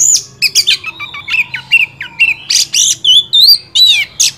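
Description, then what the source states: Oriental magpie-robin delivering rapid, varied notes about three per second: chips, buzzy bursts and looping whistles in a lively, continuous stream. Champion (juara) kacer song, used to train other songbirds (masteran).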